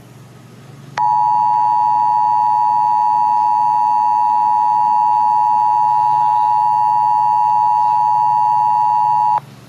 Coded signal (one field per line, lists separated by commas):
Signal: Emergency Alert System (SAME) tones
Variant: 853 and 960 Hz attention tone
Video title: tape eas alarm sponbob vs parcick part 2 secret 2008